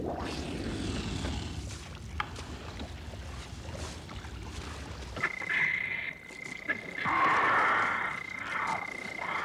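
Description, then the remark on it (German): Dense swamp and jungle ambience: a low, rumbling wash fills the first half, then steady high-pitched trilling and croaking frog calls rise over a constant hiss, pulsing irregularly until the end. “Die Sümpfe, heiliger Vater. Der Urwald.”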